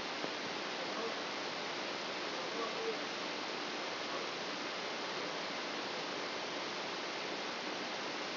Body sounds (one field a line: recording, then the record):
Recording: brain microelectrode recording played as sound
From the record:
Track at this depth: outside the subthalamic nucleus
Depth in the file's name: 0.581 mm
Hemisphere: left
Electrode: 3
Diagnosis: Parkinson's disease